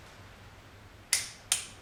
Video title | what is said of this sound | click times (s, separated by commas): BMW Spark Plug Torque: Nail It Every Time! | hear the big click? That means I'm at the correct torque for that spark plug. | 1.1 s, 1.5 s